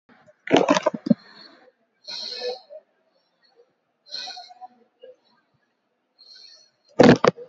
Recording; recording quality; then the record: shallow breathing; excellent, no background noise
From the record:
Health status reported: COVID-19 positive, mild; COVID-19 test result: positive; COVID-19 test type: RT-PCR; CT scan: taken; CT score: 0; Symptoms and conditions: cough, cold, muscle pain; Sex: female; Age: 30 years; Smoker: no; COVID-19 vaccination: both doses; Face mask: not worn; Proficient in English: yes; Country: India